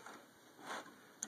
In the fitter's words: There you go. Nice little click.